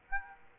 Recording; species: mosquito wingbeat signal from an infrared sensor; Aedes aegypti